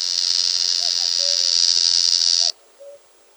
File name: Pestrogrudka sibirskaja